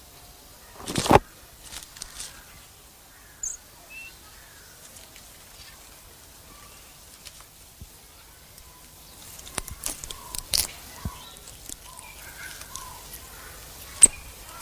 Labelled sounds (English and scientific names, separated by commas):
White-faced Saki (Pithecia pithecia)